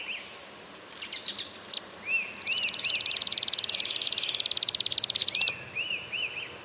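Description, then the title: Streak-capped antwren song: a high, rapid, even trill held for about three seconds, with another bird's repeated arched whistled notes before and after. "LuckyPassaro Completos2Sama. Streak-capped Antwren (Terenura maculata)"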